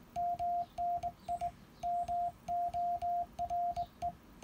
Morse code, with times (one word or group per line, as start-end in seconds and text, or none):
0.2-1.5 MNI
1.8-4.1 MORE